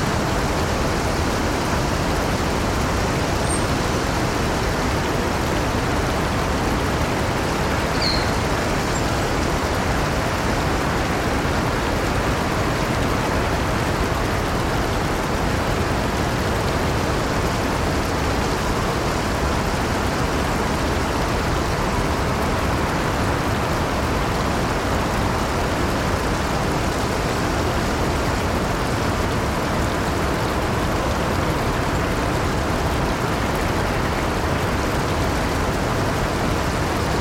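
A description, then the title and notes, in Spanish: A stream rushes steadily, a dense, even wash of water sound with a deep, full low end and no change in level across the whole recording. A couple of faint, high chirps, likely a bird, surface briefly around the three- and eight-second marks. Hojas Tranquilas y Arroyo. Un arroyo rural tranquilo fluye suavemente a través del jardín, su murmullo rítmico teje un patrón hipnótico.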